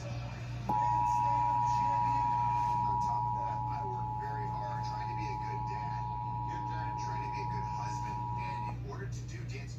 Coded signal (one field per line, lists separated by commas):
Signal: Emergency Alert System (SAME) tones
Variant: 853 and 960 Hz attention tone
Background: speech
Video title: Alerts, Alerts, Alerts! | EAS Alerts from 5/2-6/7 (EAS #154-179)